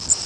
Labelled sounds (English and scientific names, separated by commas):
Bay-breasted Warbler (Setophaga castanea) flight call